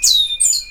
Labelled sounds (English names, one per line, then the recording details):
Stitchbird song
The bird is a male
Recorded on Tiritiri Matangi Island, New Zealand, in 2005
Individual 19, of nest box 27